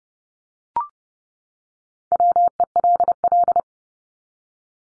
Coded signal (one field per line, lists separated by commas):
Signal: Morse code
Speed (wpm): 30 wpm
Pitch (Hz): 700 Hz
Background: none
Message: WELL